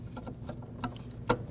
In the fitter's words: listen for a click give it a nice tug to make sure it's secured